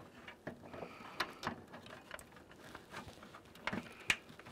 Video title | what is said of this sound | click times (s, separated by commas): Lenovo Legion T5 PC - PSU Upgrade DeepCool 750w Bronze 80+, Gaming PC | there we go we heard a nice click | 4.1 s